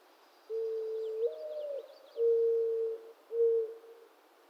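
Mourning dove cooing: a low hollow note rising slightly, then two steady drawn-out coos, with faint high twittering of another bird in the background.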